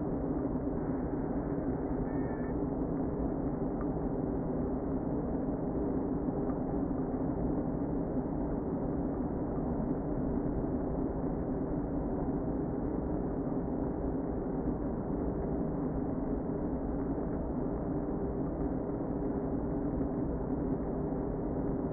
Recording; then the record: honeybee colony, microphone inside the hive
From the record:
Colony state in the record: queen present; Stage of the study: before two queens were removed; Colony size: about 60,000 bees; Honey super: yes